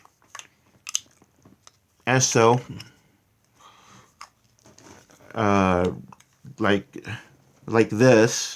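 A plastic magnifier is fitted onto an insulin vial or syringe, with a sharp, loud snap at 1.0 s as it clicks into place. Quieter small ticks and handling sounds surround it, and someone talks. The magnifier is seated.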